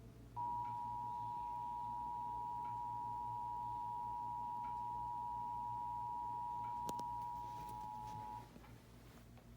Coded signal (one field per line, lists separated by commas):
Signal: Emergency Alert System (SAME) tones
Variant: 853 and 960 Hz attention tone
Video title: EAS 673 Nevada’s Required Monthly Test